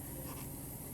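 A custom removable plastic cosmetic dental appliance is being handled and pressed toward a patient's lower teeth, with only a low, steady background rustle and no distinct impact heard. Nothing has seated or clicked yet.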